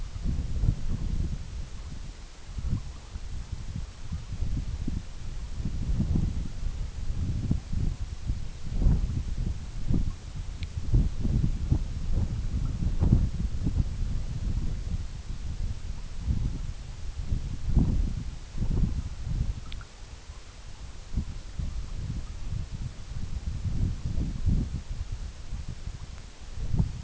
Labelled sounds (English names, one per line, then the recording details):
none
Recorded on Arctic tundra, site EABA-MC, on 21 June 2019
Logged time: 20:00